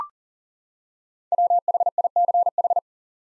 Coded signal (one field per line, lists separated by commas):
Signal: Morse code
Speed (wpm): 40 wpm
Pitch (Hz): 700 Hz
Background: none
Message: WHICH